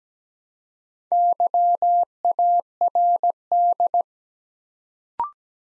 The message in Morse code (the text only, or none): YARD